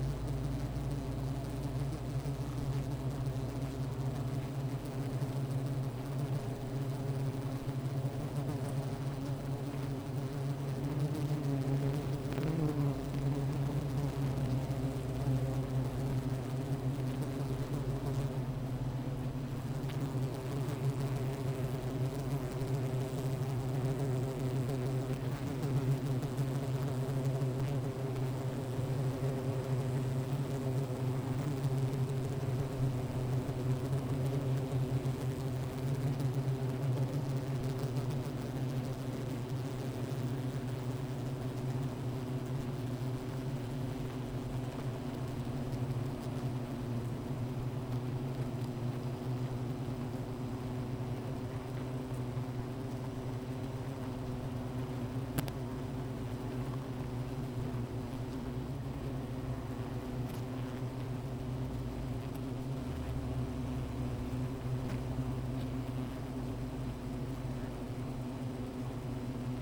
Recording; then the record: honeybee colony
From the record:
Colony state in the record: missing queen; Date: 14 July 2017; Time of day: 15:21